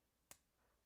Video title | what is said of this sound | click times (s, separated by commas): [151] How To Practice Lock Picking | Got a little click. | 0.3 s